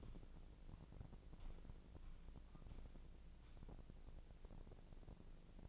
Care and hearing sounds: daily activity, microphone in the room; walk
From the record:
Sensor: 5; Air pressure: 1012.3 hPa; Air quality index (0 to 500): 152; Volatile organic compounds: 2 ppm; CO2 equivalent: 1048 ppm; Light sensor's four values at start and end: 303/728/311/347 and 304/729/312/348

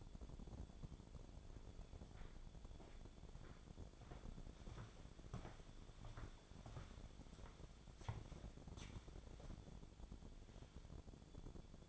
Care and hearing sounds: daily activity, microphone in the room; walk to room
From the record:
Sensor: 5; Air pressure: 1000.0 hPa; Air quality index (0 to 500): 86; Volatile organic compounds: 1 ppm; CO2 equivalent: 712 ppm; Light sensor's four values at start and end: 402/996/418/470 and 409/991/424/479

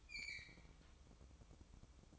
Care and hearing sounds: daily activity, microphone in the room; open fridge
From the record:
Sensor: 1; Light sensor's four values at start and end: 12/28/12/13 and 12/28/12/13

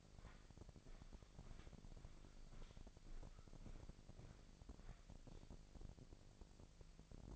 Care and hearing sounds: daily activity, microphone in the room; walk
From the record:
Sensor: 5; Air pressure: 1001.8 hPa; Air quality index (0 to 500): 186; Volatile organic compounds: 13 ppm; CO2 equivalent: 2398 ppm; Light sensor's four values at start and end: 33/107/41/43 and 33/107/41/43

